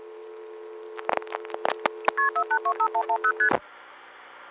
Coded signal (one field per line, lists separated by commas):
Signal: multi-frequency trunk signalling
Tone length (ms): 90 ms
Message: KP4825110ST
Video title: What Did the Old Telephone Network Sound Like? (Old version; See description for the current one)